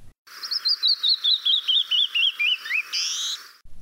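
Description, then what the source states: Canyon Wren song: a cascade of clear, slurred whistled notes stepping steadily down the scale, ending in a harsher buzzy note. Male canyon wren; male song described as the iconic sound of Western canyons and strikingly different from the female's song.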